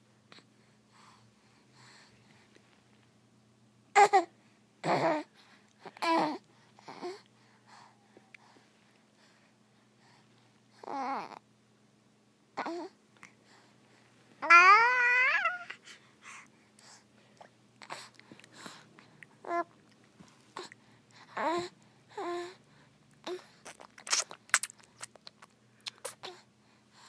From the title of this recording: Slurping